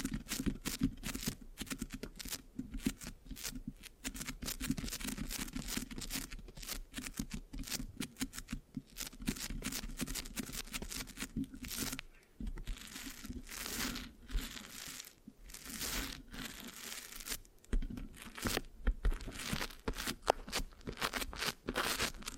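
Scratching and sticky tapping on a microphone, with no talking, runs for the whole clip as dense, rapid crackly bursts. Sharp bright clicks and scrapes pile on one another with almost no gaps, while a low rumbling rub sits steadily underneath.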